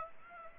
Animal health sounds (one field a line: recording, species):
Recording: mosquito wingbeat signal from an infrared sensor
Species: Aedes aegypti